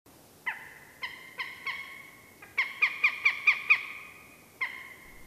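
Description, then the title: Northern Goshawk cackling calls: a run of harsh, nasal 'kek' notes at a steady pitch, ending with a single call after a pause. "Kanahaukka"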